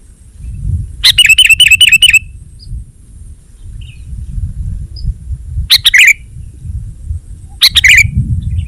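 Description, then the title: Sooty-headed bulbul song: a quick run of repeated sharp notes, then two brief slurred phrases spaced apart, with rumbling background noise. "kutilang"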